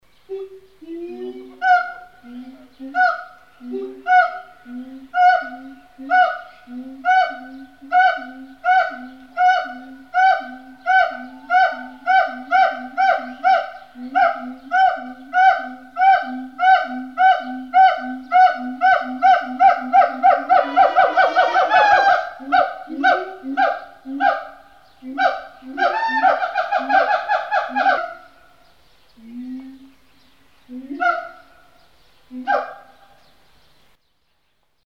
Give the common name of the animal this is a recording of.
Siamang